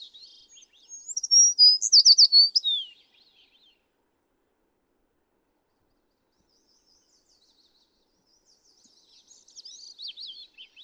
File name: American Tree Sparrow